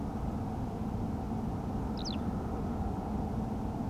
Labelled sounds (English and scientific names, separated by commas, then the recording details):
Eurasian Skylark (Alauda arvensis)
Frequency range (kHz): Eurasian Skylark (Alauda arvensis) 2.5-6.4 kHz
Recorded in France